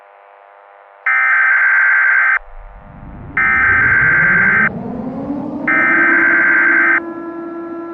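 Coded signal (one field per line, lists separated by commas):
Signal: Emergency Alert System (SAME) tones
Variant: header bursts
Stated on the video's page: Fictional SAME tones from an EAS scenario.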